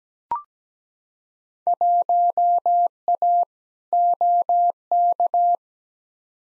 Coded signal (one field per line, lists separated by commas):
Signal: Morse code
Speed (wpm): 17 wpm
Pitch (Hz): 700 Hz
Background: none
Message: 1A OK